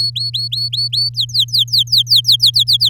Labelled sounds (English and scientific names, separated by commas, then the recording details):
Domestic Canary (Serinus canaria) song
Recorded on 9 May 2018 at 06:16
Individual llb16